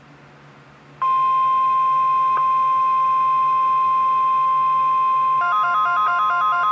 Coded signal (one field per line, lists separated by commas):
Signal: Emergency Alert System (SAME) tones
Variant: 1050 Hz attention tone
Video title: Required Weekly Test KXI79 05/13/20 EAS #10